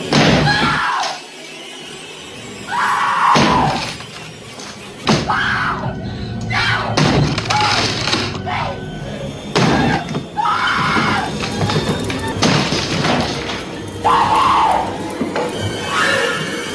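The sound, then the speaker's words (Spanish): An axe strikes a wooden door again and again in the film The Shining, as Jack Nicholson's character smashes through it. Each heavy blow cracks and splinters, while frantic high screams rise between the impacts. “El Resplandor es una de las películas elementales, la imagen de Jack Nicholson destruyendo con un hacha una puerta y de repente esa saliendo, que tengo grabada.”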